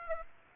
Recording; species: mosquito wingbeat signal from an infrared sensor; Aedes aegypti